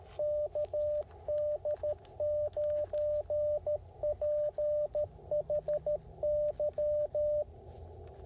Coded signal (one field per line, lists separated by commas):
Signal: Morse code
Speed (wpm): 14 wpm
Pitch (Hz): 600 Hz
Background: radio noise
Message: KD9PHY